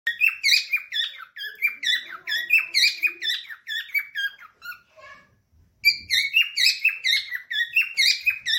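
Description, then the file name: Parrot chirps, quick squeaky notes in a busy chatter, a brief pause with a couple of lower softer calls, then the shrill twittering resumes. Lutino colour form. "Lutinos Dutch bride sound"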